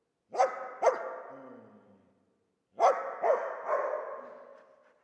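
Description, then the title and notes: Dog giving two pairs of quick barks, the second pair followed by a third, each burst ringing out with a lingering reverberant tail. Old dog trapped in the pool basin of the decaying Palais El Glaoui courtyard, Fès, Morocco; full sun, circling, rising on hind legs to bark at visitors; recorded with Zoom F3 and ORTF microphone. "Fès, Fès-Meknès, Maroc - le chien du palais El Glaoui. Dans la cour du palais (en décrépitude avancée), un vieux chien est "prisonnier" dans le bassin/piscine. Il se dresse sur ses pattes arrières pour entrevoir quelques secondes ce qui se passe dans la cour et "invective" les visiteurs de ses aboiements. JF CAVRO"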